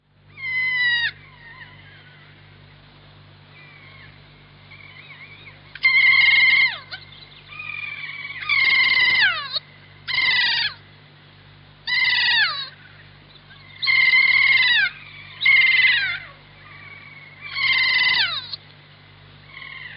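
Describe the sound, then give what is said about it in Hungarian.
A series of loud, harsh, descending screeching calls from a kea, a New Zealand parrot, repeated in bursts about every two seconds, each a wavering, high-pitched cry with no talking over a low steady hum. “Egy papagáj, amely életmódja szerint teljesen ragadozó madárrá változott.”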